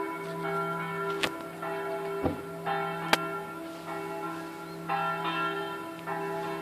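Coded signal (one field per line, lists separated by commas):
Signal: bell signal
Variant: swing ringing (distesa)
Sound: a single church bell swinging, ringing strokes about every half second to second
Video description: -h. 20:30: segnale orario della mezza sulla 3^ Mi3 e distesa della stessa.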